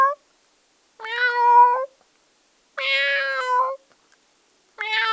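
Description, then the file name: Domestic cat meowing: drawn-out meows with rich harmonics, one about every two seconds, with quiet pauses between. "cat voice"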